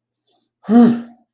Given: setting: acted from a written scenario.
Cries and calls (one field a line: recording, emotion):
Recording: vocal sound without words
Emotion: pride